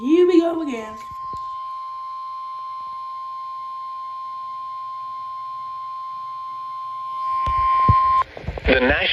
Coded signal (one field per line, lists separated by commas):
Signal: Emergency Alert System (SAME) tones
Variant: 1050 Hz attention tone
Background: speech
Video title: EAS #145 Severe Thunderstorm Warning On NWR